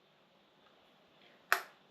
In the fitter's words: You hear it click. That's disengaged.